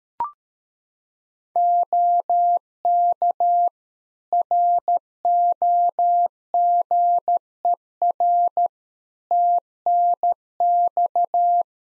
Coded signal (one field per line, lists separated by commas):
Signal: Morse code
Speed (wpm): 13 wpm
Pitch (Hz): 700 Hz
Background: none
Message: OK ROGER TNX